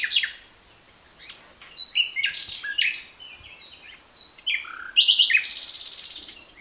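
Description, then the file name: Common nightingale delivering a varied string of sharp whistles and chirps, with a fast repeated-note trill near the end. "Luscinia megarhynchos"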